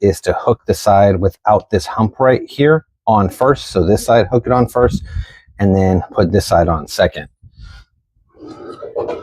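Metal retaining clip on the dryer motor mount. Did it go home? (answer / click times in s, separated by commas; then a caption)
no / none. Someone talks while hooking the side without the hump of a metal retaining clip onto the motor mount of a Samsung dryer motor, with the other side to go on second. Quiet handling and breathing follow near the end. Nothing has clicked or seated yet; the clip is only hooked on, not yet pushed down to lock.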